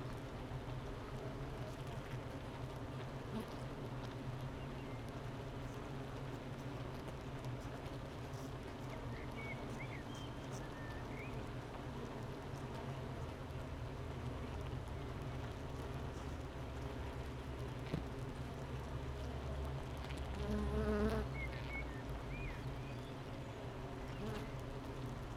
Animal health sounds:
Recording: honeybee colony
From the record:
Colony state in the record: missing queen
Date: 31 May 2018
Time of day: 9:16

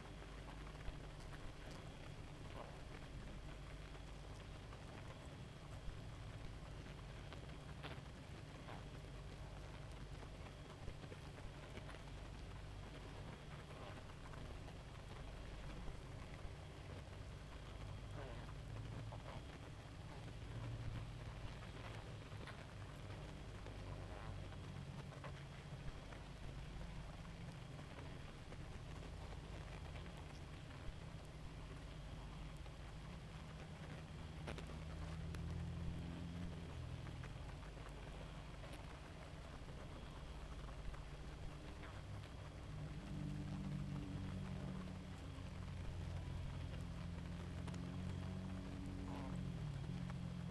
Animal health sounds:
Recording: honeybee colony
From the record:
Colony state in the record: active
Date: 28 July 2017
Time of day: 0:27

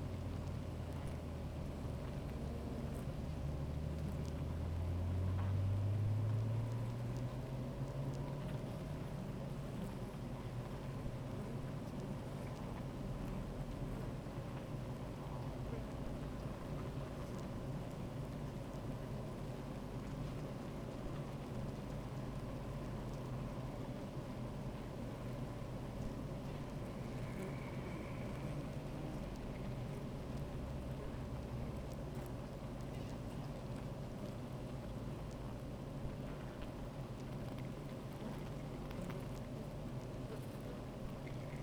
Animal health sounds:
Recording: honeybee colony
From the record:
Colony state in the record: active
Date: 28 July 2017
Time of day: 13:24

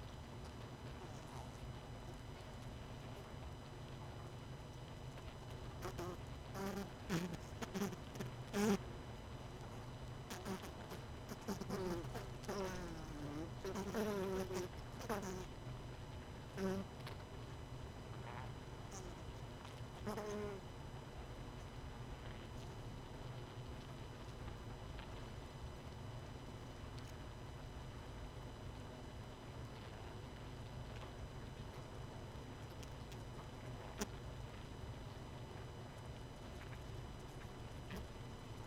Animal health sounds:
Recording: honeybee colony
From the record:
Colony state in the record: missing queen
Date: 31 May 2018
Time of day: 20:46

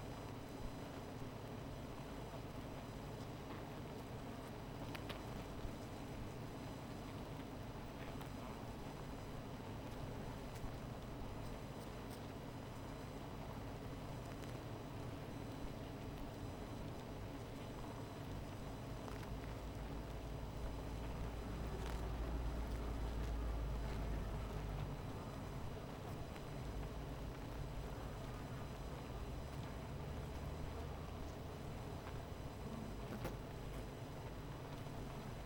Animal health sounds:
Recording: honeybee colony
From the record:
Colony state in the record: missing queen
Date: 14 July 2017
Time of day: 16:53

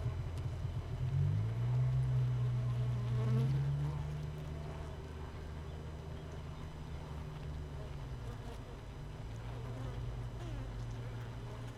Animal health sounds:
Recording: honeybee colony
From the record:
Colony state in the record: missing queen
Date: 31 May 2018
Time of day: 6:44

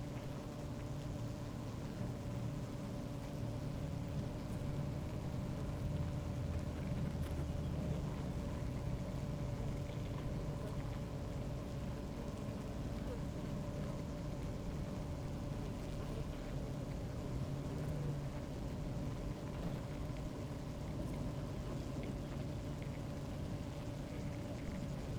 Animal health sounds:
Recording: honeybee colony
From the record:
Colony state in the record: active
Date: 28 July 2017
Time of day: 16:00

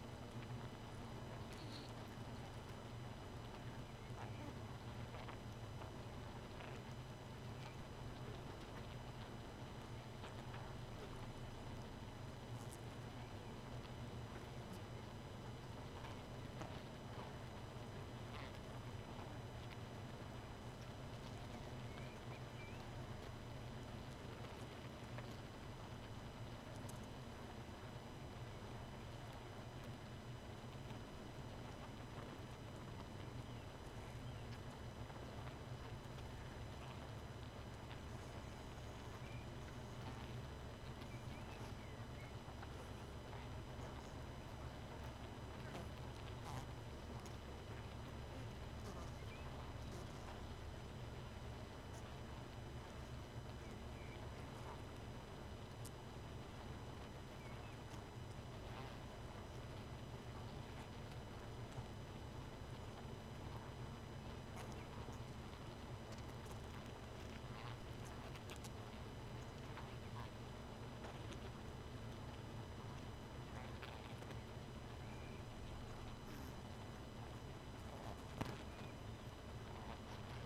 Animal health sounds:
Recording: honeybee colony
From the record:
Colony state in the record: missing queen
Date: 31 May 2018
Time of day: 2:42

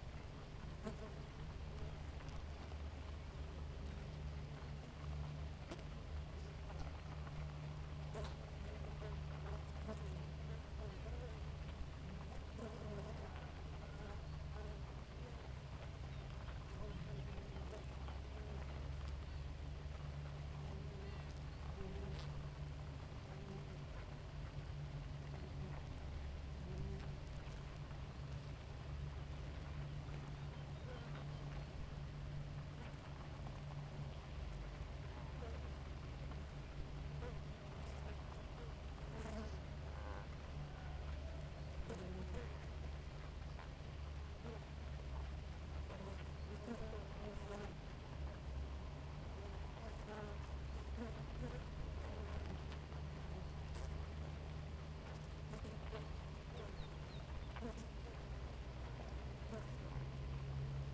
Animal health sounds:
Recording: honeybee colony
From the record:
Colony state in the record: active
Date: 28 July 2017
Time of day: 4:30

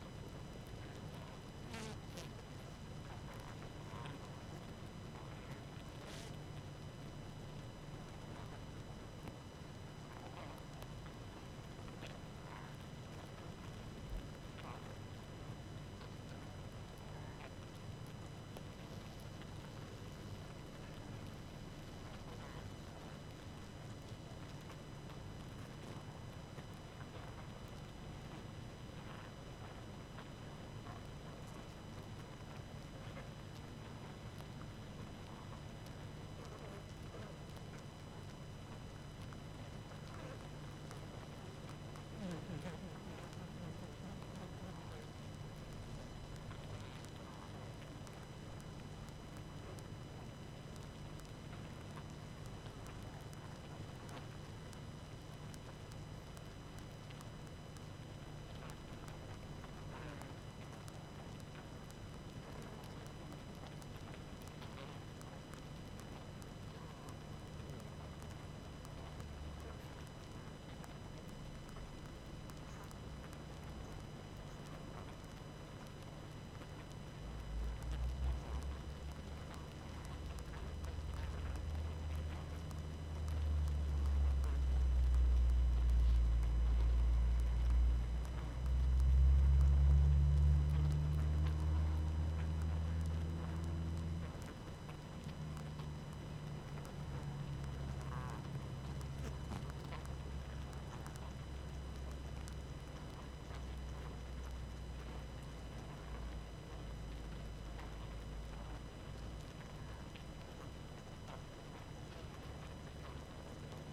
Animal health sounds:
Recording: honeybee colony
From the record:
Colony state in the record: active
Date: 12 June 2018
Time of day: 20:22

